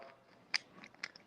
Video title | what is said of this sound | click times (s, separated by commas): Live With James Chopping of Love My Pups | So you hear it clicking. It clicks in little slots there. | 0.6 s, 1.0 s, 1.2 s